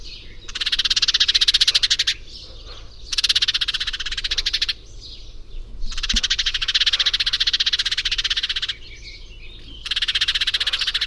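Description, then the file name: House sparrow chattering calls, harsh buzzy rattles in four long bursts with short pauses between, over low steady background noise. "Passer domesticus"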